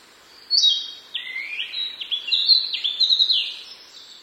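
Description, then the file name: Narcissus flycatcher song: a bright run of whistled and trilled notes between mid and high pitch, shifting quickly in tone for about three and a half seconds. "kibitaki"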